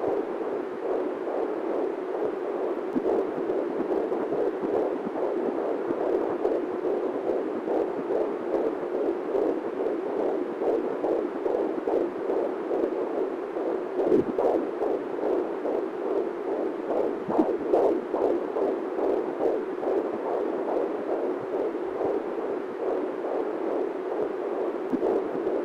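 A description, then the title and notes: A heartbeat recorded with dense, muffled thumps repeating quickly and evenly through the whole stretch. The sound sits low and stays at a steady level, with a soft whooshing murmur filling the spaces between beats and a few sharper knocks around the middle. Recordings of three different hearts made by Dan Bodah in Brooklyn NY.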